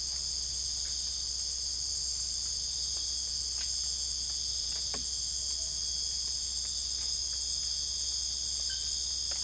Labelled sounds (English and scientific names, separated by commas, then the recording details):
none
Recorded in secondary vegetation near Puerto Asís, Putumayo, Colombia, on 20 December 2024 at 02:30
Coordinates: 0.488, -76.319
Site GP04